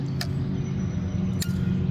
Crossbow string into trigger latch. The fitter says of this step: that's the click. Two clicks. There's one when it's first getting in there, but one when it's grabbed the string.